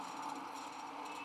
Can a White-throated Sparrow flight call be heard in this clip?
no